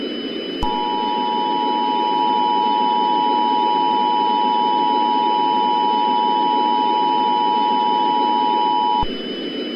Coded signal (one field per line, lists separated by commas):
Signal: Emergency Alert System (SAME) tones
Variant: 853 and 960 Hz attention tone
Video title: EAS Scenario: The New Year's Eve Cataclysm